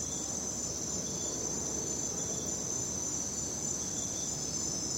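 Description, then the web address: Crickets in a dense, steady high trill. Crickets at night. "the sound pack tree. night crickets and birds"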